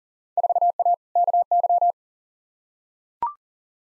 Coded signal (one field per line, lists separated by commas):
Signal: Morse code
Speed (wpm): 40 wpm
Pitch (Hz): 700 Hz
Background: none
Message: 4A KY